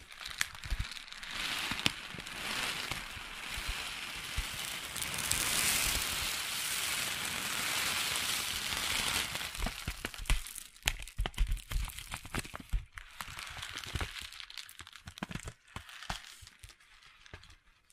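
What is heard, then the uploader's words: Crunchy slime being squished and scratched, a dense crackling hiss through the first ten seconds, then sparser sharp crunches and pops afterward. Crunchy Slime x Brain Scratching.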